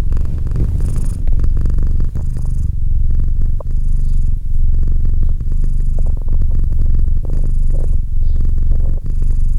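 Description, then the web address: Domestic cat giving a continuous low purr, rapid throbbing pulses broken by short dips as it breathes. "Cat Purr 201308 Cat purr"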